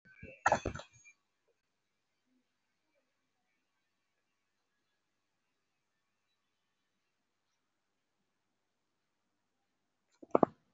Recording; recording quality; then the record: deep breathing; poor, much background noise or distortion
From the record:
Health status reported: respiratory illness, not identified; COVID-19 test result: not tested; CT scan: not taken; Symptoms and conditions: cough, cold, breathing difficulty, sore throat, fatigue, chronic lung disease, pneumonia, another condition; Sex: male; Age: 62 years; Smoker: yes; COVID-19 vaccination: both doses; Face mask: worn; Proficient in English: no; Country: India